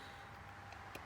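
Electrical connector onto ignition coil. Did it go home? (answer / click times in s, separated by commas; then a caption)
yes / 1.0 s. In a tight space on a Mazda RX-8 that shut off while parking and now won't start, a hand presses on the plastic electrical connector of the front ignition coil, the one facing the engine toward the front. A faint, very tiny click is heard at 0.9 s over a steady low background hum. The connector seats further into place on the coil.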